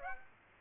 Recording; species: mosquito wingbeat signal from an infrared sensor; Aedes aegypti